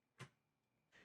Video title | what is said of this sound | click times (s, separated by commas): Deep Sentinel DIY Home Installation | the camera back until you hear a click to | 0.2 s